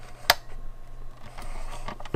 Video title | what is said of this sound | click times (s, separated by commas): Making a Watercolor Book | but usually hear that like little click there you know that it's it's put the wire together | 0.3 s